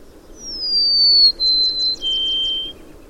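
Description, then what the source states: Golden-crowned sparrow song of three clear, drawn-out whistles, each one lower than the last. Three-note call, rendered as 'I see you, come see me' or 'oh pretty bird'; arrives in Homer in May.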